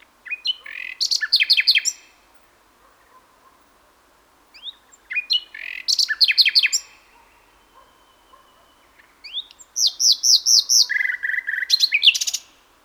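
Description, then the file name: Common nightingale song in three loud phrases, each a burst of rapid repeated chirps and trills, separated by pauses of about two seconds; the final phrase includes a buzzy note near its end. "Luscinia megarhynchos"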